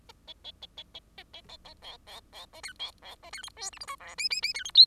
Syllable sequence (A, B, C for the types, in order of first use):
A B B B B A C C C A D C C A D E F G H I J K K K D E L